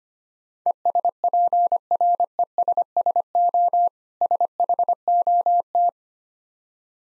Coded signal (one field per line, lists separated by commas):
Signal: Morse code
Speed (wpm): 25 wpm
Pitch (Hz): 700 Hz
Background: none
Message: ESPRESSO SHOT